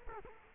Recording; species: mosquito wingbeat signal from an infrared sensor; Culex quinquefasciatus